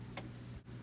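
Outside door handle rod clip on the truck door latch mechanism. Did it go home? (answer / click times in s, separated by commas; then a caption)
yes / 0.2 s. A plastic locking clip is snapped over the threaded rod from the outside door handle, pushed into the door latch mechanism during a door lock actuator replacement on a 2001 Ford F250 whose door would not unlock with the remote and whose knob moved only halfway. A single sharp click at 0.2 s marks the clip seating, holding the rod in place over a steady low hum.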